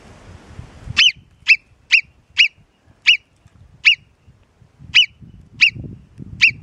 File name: Marmotta (Marmota marmota)